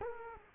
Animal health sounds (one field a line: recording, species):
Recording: mosquito wingbeat signal from an infrared sensor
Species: Culex quinquefasciatus